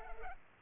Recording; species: mosquito wingbeat signal from an infrared sensor; Culex pipiens